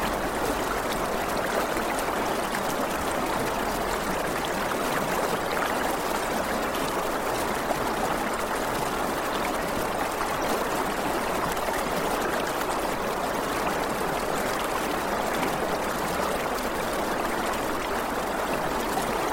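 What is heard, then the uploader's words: A slow river runs over pebbles, making a steady, dense babble that never lets up across the whole stretch. The sound is mid-to-bright, with fine trickling detail layered over a soft low wash and no separate events standing out. Slow moving river. Water lapping over pebbles running down a gentle hill.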